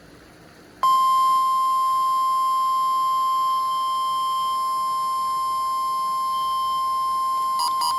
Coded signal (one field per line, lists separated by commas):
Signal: Emergency Alert System (SAME) tones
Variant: 1050 Hz attention tone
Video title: Outside with the HH54 - CRP Required Weekly Test on WXK26 (EAS 255)